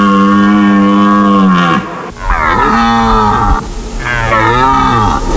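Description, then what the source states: Red deer roars, deep drawn-out bellows, one long low roar then two shorter groaning roars with falling and wavering pitch, loud and harsh. Male red deer roaring on the rutting ground during the rut in the Tatra mountains, Poland, calling females and driving off rivals; sound previously mistaken for bears.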